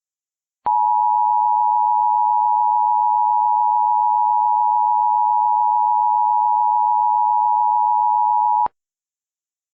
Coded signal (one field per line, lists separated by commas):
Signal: Emergency Alert System (SAME) tones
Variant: 853 and 960 Hz attention tone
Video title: *VALID TONES* The Michigan Dam Failures (EAS Remakes from 5/20/20)